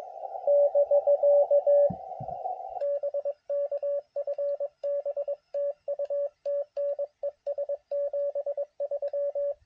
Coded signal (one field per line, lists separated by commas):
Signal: Morse code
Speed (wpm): 21 wpm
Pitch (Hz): 560 Hz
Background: radio noise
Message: <BK> BK FB TU TN ES 73